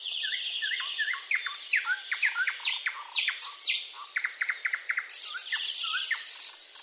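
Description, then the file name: Thrush nightingale song: a rich, fast run of varied phrases, with sharp chirps and downslurred notes, then rapid buzzy trills and rattles, continuous throughout. "satakieli"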